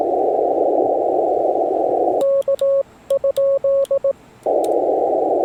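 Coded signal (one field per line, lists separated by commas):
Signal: Morse code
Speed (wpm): 18 wpm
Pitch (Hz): 1100 Hz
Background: radio noise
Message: K?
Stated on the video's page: Morse heard during a Parks on the Air activation attempting the Iron Operator Challenge, mixing phone, CW, digital and satellite contacts.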